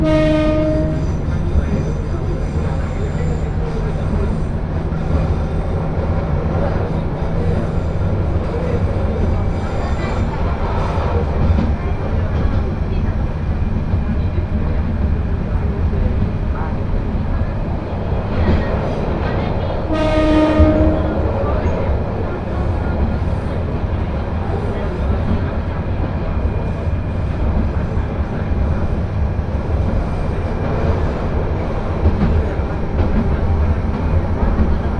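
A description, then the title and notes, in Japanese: A single-car railbus runs along, its engine and wheels making a steady low rumble throughout. Passengers' voices chatter in the background over the noise. Short chime-like tones sound at the very start and again around twenty seconds. 明知鉄道 明智→恵那。１両のレールバスは子供連れや高校生もいるなど一杯で予想外のにぎわいでした。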